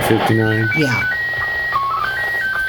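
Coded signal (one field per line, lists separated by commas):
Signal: SSTV (slow-scan television)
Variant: PD 120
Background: speech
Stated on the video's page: SSTV from the International Space Station, a commemorative event sending images.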